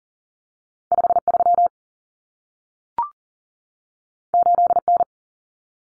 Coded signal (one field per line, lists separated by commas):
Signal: Morse code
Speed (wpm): 40 wpm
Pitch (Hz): 700 Hz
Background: none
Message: 53 8N